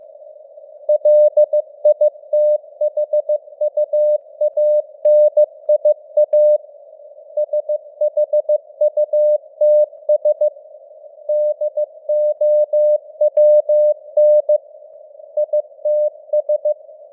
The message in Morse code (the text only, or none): LITHUANIA SHUTS DOWN ITS